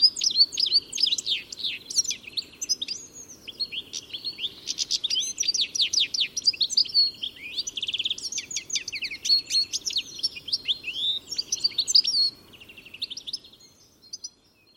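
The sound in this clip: Birds chirping in a dense, continuous run of high, rapid twittering notes and trills that barely pause until a quieter tail near the end.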